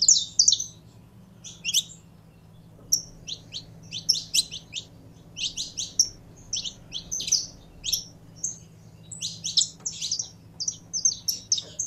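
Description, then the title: Canary song of scattered high chirps and short trilled bursts, with gaps between phrases and a low background hum. Song of a purebred Belgian canary. "Canto Do Canário Belga Puro"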